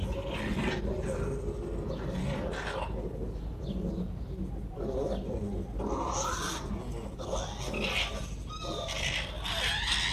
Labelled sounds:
Arctic Fox (Vulpes lagopus) grunting
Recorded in captivity
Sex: female
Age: adult
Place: Zoologisches Institut der HUB, Berlin, DE
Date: 1957-04-08 15:15
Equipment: Elmetra
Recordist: Tembrock, Günter

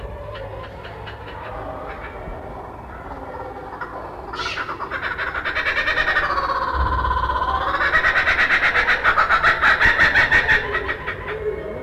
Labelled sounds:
Laughing Kookaburra (Dacelo novaeguineae) call
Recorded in captivity
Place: Zoo Basel, CH
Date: 1968-07-19
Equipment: Halbspur, 9,5 cm/s
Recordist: Lütgens, Hans

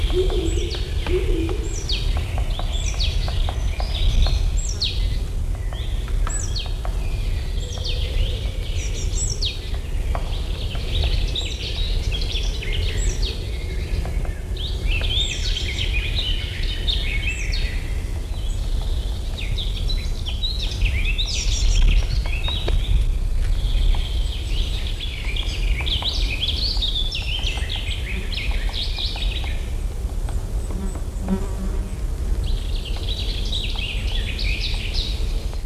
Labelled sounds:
Great Spotted Woodpecker (Dendrocopos major)
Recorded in the wild
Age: adult
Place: Feldberg - Koldenhof, Mecklenburgische Seenplatte, Mecklenburg, DE
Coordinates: 53.3294, 13.3136
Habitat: high beech forest
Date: 1976-07-03
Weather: 24°C
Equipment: Uher CR 210, Sennheiser MD 421 HL, Verstärker, Reflektor, Kopie Uher 4200
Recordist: Tembrock, Günter

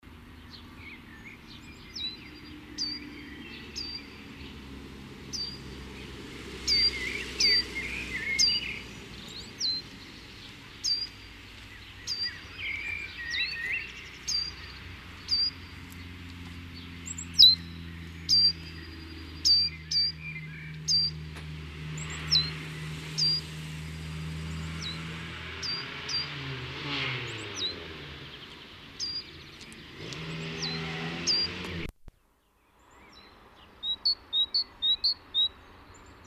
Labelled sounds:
Great Tit (Parus major) song
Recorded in the wild
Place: Kaiserslautern, Rheinland-Pfalz, DE
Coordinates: 49.4283, 7.77889
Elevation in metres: 279
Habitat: garden
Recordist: Tretzel, Erwin

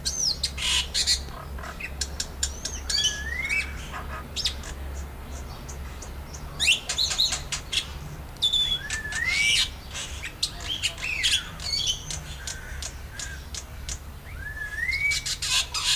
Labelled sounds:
Black-winged Starling (Acridotheres melanopterus) song
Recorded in captivity
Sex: male
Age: adult
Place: Zoo Berlin, Berlin, DE
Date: 1999-07-03 12:24
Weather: fair, 25 - 27°C
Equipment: Sony WM-D6C, Sennheiser ME 80, Kopie Uher 4000 Report Monitor
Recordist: Tembrock, Günter

